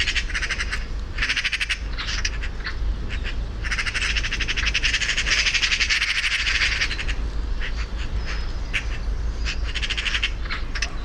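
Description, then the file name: Eurasian magpie giving harsh chattering rattles, a long dense burst in the middle, flanked by scattered single rasping notes. "Pica pica"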